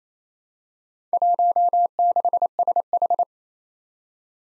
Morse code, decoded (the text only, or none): 16SH